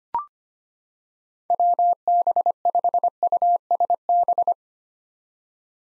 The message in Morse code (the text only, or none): WB5USB